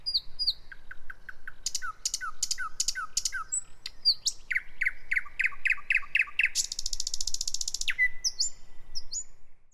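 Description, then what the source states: Thrush nightingale song with repeated low chuck notes, bursts of sharp clicks, a loud grinding rattle and clear whistled phrases. Vartiokylä, Helsinki, Finland; May 2009.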